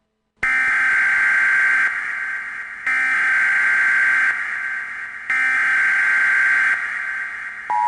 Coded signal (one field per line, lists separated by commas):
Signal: Emergency Alert System (SAME) tones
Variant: header bursts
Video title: EAS Scenario | The returning of the blood moon | Tornado Alley Ultimate